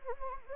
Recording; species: mosquito wingbeat signal from an infrared sensor; Anopheles gambiae